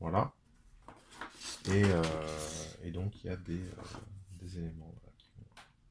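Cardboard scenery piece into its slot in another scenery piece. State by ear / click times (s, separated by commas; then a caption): not seated / none. Interlocking cardboard building scenery pieces for a board game prototype are handled by hand, one piece being fitted toward its slot in another, while someone talks. Faint taps and rubbing are heard under the speech. Nothing has seated or clicked yet; the piece is not yet home.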